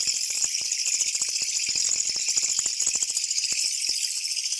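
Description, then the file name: Japanese katydid giving a loud, continuous high rattling buzz, dense and unbroken throughout. "kutuwamushi"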